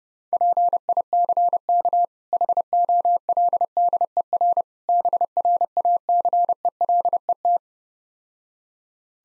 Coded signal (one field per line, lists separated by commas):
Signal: Morse code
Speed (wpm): 29 wpm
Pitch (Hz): 700 Hz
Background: none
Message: PICK HOLDER BRACELET